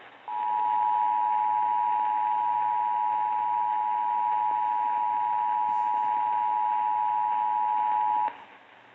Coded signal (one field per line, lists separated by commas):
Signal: Emergency Alert System (SAME) tones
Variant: 853 and 960 Hz attention tone